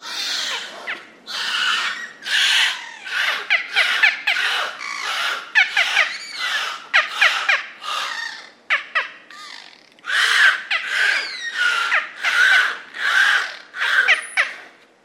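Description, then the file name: Beluga whale calls, a dense run of squawking, squealing and chirping bursts with whistled sweeps, nearly continuous throughout. "zvuki belukhi"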